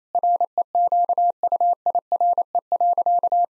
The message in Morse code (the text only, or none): REQUIRE.